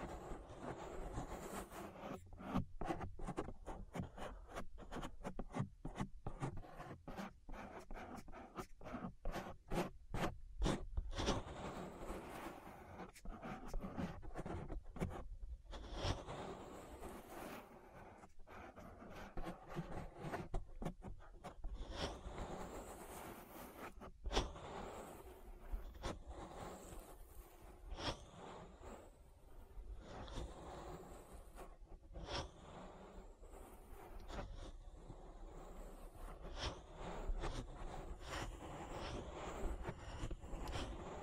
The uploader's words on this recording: ASMR Relaxing Ear Massage.